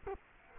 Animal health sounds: mosquito wingbeat signal from an infrared sensor; Culex quinquefasciatus

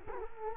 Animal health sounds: mosquito wingbeat signal from an infrared sensor; Culex quinquefasciatus

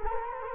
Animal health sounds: mosquito wingbeat signal from an infrared sensor; Culex quinquefasciatus

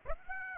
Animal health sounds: mosquito wingbeat signal from an infrared sensor; Aedes aegypti

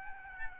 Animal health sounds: mosquito wingbeat signal from an infrared sensor; Aedes albopictus

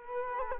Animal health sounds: mosquito wingbeat signal from an infrared sensor; Culex quinquefasciatus

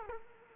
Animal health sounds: mosquito wingbeat signal from an infrared sensor; Culex quinquefasciatus

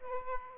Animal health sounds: mosquito wingbeat signal from an infrared sensor; Aedes aegypti

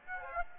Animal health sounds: mosquito wingbeat signal from an infrared sensor; Aedes aegypti

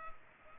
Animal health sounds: mosquito wingbeat signal from an infrared sensor; Culex pipiens

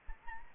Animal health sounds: mosquito wingbeat signal from an infrared sensor; Anopheles gambiae

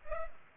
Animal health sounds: mosquito wingbeat signal from an infrared sensor; Culex pipiens

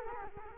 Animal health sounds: mosquito wingbeat signal from an infrared sensor; Culex quinquefasciatus

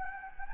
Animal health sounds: mosquito wingbeat signal from an infrared sensor; Anopheles gambiae

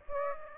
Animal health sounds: mosquito wingbeat signal from an infrared sensor; Aedes aegypti

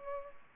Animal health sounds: mosquito wingbeat signal from an infrared sensor; Culex pipiens

